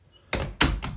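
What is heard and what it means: An antique door's repaired latch bolt is drawn out of the frame's strike plate as the knob is turned, with sharp clunks at 0.3 and 0.6 seconds and a softer knock near 0.8 seconds. The latch releases and the door opens.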